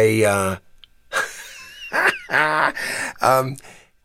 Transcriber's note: laughter